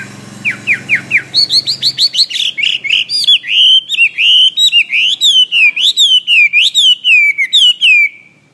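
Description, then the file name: Hwamei singing a few slurred notes, then an unbroken stream of loud, looping whistled phrases that dip and rise, steady until a final fading note. "omkicau hwamey"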